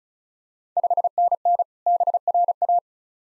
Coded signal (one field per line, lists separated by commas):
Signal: Morse code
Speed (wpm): 36 wpm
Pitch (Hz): 700 Hz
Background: none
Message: 5NN BRA